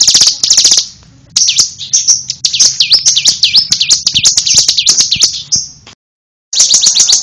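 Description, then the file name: Prinia song: quick high chirp bursts leading into a sustained string of swooping, whistled notes, then a brief silence and another chirp burst. "ciblek alang alang"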